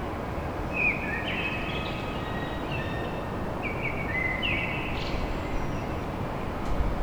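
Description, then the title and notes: Common blackbird singing a few warbled phrases, partly masked by a constant low rumble of background noise. Blackbird song at dawn in Paris. "Blackbird Poetry At Paris On. Enregistrement d'un chant de merle à l'aube dans Paris"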